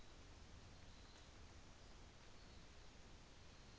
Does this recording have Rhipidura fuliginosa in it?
no